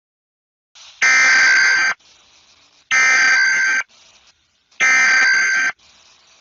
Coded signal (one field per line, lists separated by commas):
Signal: Emergency Alert System (SAME) tones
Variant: header bursts